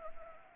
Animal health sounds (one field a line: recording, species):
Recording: mosquito wingbeat signal from an infrared sensor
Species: Anopheles arabiensis